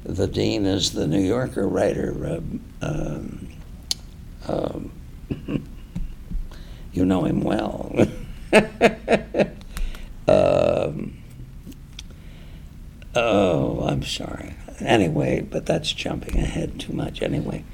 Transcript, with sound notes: The dean is the New Yorker writer, you know him well. [laughs] Oh, I’m sorry, anyway. But that’s jumping ahead too much, anyway.